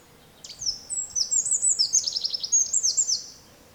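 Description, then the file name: Eurasian wren song: a fast, loud, very high-pitched sequence of trills and ringing notes lasting about three seconds, with faint steady background hum. "Troglodytes troglodytes"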